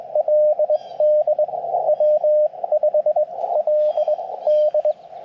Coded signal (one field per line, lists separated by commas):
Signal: Morse code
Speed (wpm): 21 wpm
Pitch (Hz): 600 Hz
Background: radio noise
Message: LD W5 L D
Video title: CW POTA Activation with Yaesu FT-891 and Chelegance MC-750